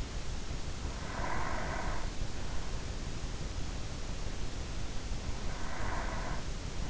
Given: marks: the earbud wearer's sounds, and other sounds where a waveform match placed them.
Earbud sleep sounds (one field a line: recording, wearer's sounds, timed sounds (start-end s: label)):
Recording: sounds in sleep by an in-ear microphone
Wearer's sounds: breath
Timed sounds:
0.64-2.93 s: breath
5.25-6.90 s: breath